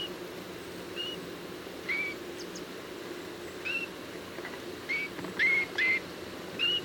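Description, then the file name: Eurasian bullfinch uttering gentle piped whistles, sparse at first then clustered near the end. "Pyrrhula pyrrhula"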